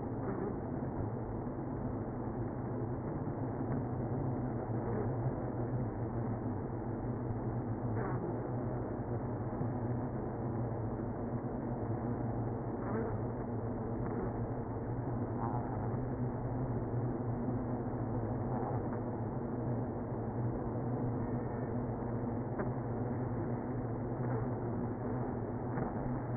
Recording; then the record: honeybee colony, microphone inside the hive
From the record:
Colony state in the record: queenless (queen removed); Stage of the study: after two queens were removed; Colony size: about 60,000 bees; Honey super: yes